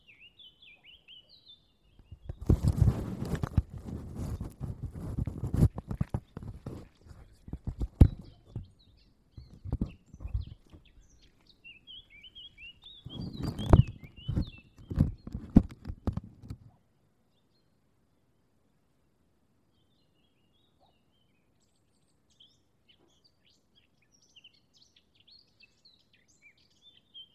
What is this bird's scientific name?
Sylvia atricapilla